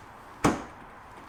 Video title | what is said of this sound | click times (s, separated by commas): Remove/Replace Porsche 981 Cayman Taillights | just pops right in place just like that it's nothing | 0.4 s